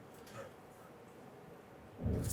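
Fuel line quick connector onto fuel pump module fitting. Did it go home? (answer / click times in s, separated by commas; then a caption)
no / none. On a 1997–2006 Jeep Wrangler, the second fuel line quick connector is lined up with its windows on either side matching the plastic locking coupler on the fuel pump module fitting before being pushed on, while someone talks. Quiet handling noise runs through the clip, with a louder low rumble from about 2.0 s. Nothing has seated or clicked yet.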